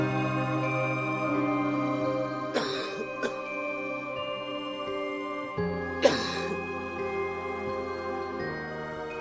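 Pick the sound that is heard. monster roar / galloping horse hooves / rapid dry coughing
rapid dry coughing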